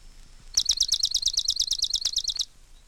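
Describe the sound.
Swamp Sparrow singing a steady trill of ringing, evenly spaced syllables lasting about two seconds.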